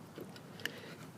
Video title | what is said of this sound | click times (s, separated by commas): 2015 MTD mower for $40...Hidden PROBLEMS!!! Part Two. | Push down on it till it clicks. It just clicked. | 0.7 s